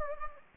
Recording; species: mosquito wingbeat signal from an infrared sensor; Anopheles gambiae